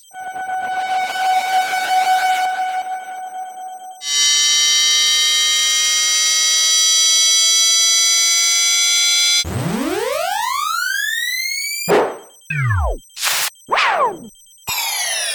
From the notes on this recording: customized sweeps, risers, bomb drops, filtrations, chirps, glitch shots, scratches, auto-pan, flyby, up-down mods, modular, reverse/panning cymbals, white noise